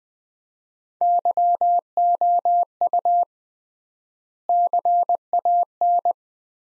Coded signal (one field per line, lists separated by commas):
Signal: Morse code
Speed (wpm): 19 wpm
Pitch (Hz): 700 Hz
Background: none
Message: YOU CAN